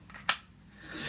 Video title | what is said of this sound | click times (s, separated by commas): FIMI X8 MINI UNBOXING & FIRST IMPRESSIONS | That seems a really positive, nice click. | 0.3 s